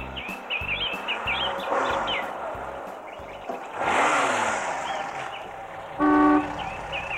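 A car drives along with a steady low rumble, swelling as it passes midway, then a short car horn toot near the end, while birds chirp and tweet throughout.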